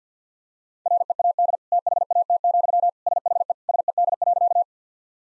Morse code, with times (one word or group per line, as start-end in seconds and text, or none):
0.9-1.6 READ
1.7-2.9 THAT,
3.1-3.5 SHE
3.7-4.6 SED.